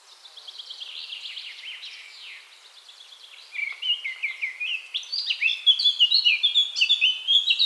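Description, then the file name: Eurasian blackcap song: a soft, scratchy warble builds after a brief lull into louder, faster phrases with clear fluting notes toward the end. "Sylvia atricapilla"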